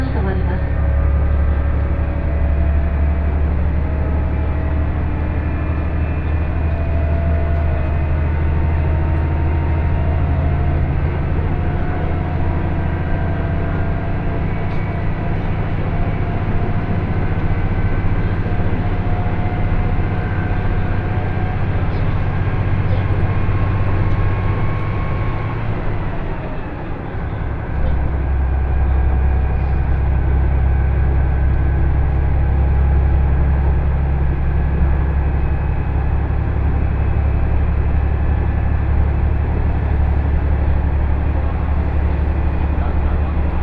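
A two-car KiHa 110 diesel railcar runs on the line from Morioka toward Ōbuke, a steady heavy rumble with humming engine tones held throughout. Around 26 seconds the drone briefly dips and shifts pitch, then the engine picks back up and continues evenly.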